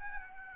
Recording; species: mosquito wingbeat signal from an infrared sensor; Aedes albopictus